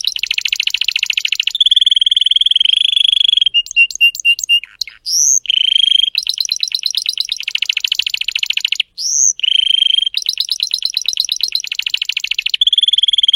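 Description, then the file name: Spanish Timbrado canary singing steadily, with extended bubbling trills and sustained ringing tones, a short series of spaced clicking notes midway, and upward-sweeping whistles between phrases. "canto do canario belga timbrado espanhol"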